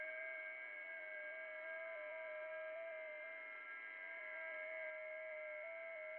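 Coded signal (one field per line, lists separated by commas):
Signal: FT8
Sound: several overlapping steady warbling tones, slowly stepping in pitch, over hiss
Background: radio static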